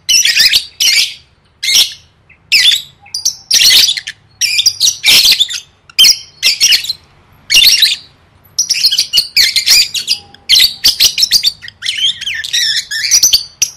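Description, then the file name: Lovebird chirps in sharp, raspy bursts, running together near the end into rapid twittering chatter. "tieng vet mau don"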